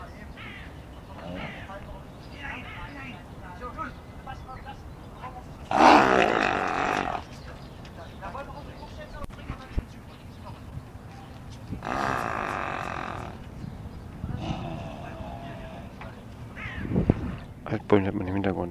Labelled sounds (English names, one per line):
Black Wildebeest call